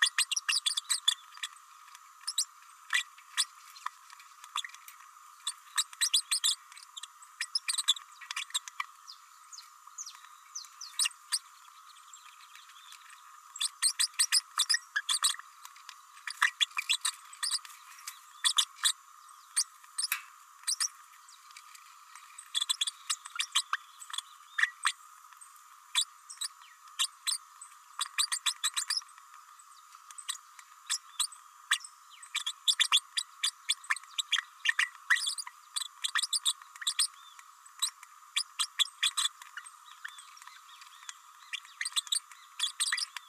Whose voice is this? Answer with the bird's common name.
Green-rumped Parrotlet